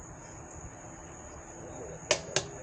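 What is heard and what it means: A torque wrench checks a steel lug nut on a wheel stud of a mounted RAM 1500 truck wheel. Over a quiet, steady background with a faint high whine, two sharp clicks sound at 2.1 s and 2.4 s as the wrench reaches its set torque.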